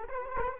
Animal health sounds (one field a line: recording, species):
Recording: mosquito wingbeat signal from an infrared sensor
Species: Culex quinquefasciatus